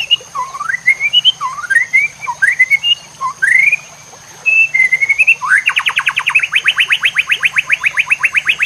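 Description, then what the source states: White-rumped shama song of looping slurred whistles, a pause, a level whistle, then a steady rapid trill of upswept notes continuing to the end. Master song (masteran) for training cage birds, murai batu labaik style.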